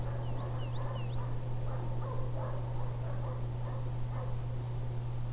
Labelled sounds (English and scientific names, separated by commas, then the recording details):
unidentified animal sound, Wood Lark (Lullula arborea)
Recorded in France